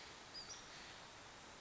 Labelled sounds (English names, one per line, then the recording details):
Western Flycatcher
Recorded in Sonoma County, California